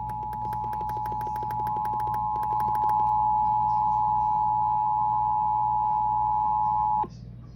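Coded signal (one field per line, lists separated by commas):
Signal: Emergency Alert System (SAME) tones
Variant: 853 and 960 Hz attention tone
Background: music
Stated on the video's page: Tornado and Severe Thunderstorm alerts from weather radio 162.550 and 162.400 MHz plus Dallas-Fort Worth AM and FM stations.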